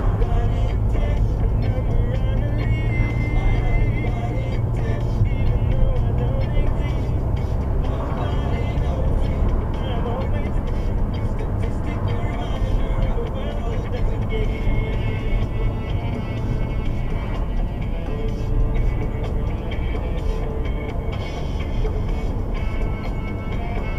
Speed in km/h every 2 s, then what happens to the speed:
29, 31, 32, 34, 37, 34, 31, 31, 31, 35, 37, 37.
0-7 speeds up to 37. 7-16 steady at about 31. 16-24 speeds up to 37.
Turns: none.